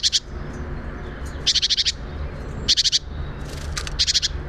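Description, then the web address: Great tit churring calls: four short buzzy rattles of rapid, evenly spaced notes, repeated every one to one and a half seconds, over a low steady rumble. "SETE Parus major"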